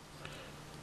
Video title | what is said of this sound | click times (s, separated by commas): DX/DC Hobby SD Unicorn Review | It locks in place. | 0.2 s